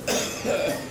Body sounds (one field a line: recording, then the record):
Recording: coughing mixed with background sound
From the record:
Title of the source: Spring Cold Coughing 3